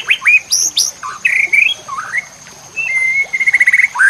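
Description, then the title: White-rumped shama song: clear whistles and upslurs, a brief pause, then a sustained fluttering whistled trill and a final rising note, over a faint steady high tone. Training recording for cage birds. "MASTERAN MURAI BATU LABAIK"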